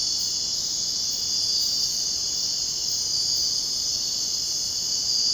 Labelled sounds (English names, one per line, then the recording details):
none
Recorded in dense forest near Puerto Asís, Putumayo, Colombia, on 23 June 2025 at 01:00
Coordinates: 0.499, -76.324
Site G100